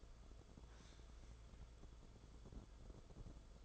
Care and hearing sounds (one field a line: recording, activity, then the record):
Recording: daily activity, microphone in the room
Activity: sit down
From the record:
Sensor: 5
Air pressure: 994.6 hPa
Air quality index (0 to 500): 184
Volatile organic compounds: 1000 ppm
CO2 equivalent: 5396 ppm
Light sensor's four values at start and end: 25/61/26/30 and 25/62/26/31